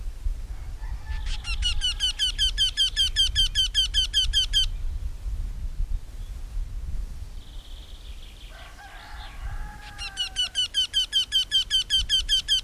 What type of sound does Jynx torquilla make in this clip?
song